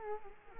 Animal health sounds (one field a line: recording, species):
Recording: mosquito wingbeat signal from an infrared sensor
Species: Culex quinquefasciatus